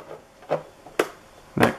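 As the last assembly step, the plastic bottom lid of a 3D-printed Bluetooth stereo speaker case is slid onto the printed case and seats with a sharp click at 1.0 s. Duller knocks are heard around 0.5 s and 0.9 s, and a louder, fuller knock follows at 1.6 s.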